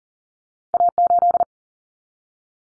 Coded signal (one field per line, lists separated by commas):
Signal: Morse code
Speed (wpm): 40 wpm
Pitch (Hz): 700 Hz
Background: none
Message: A8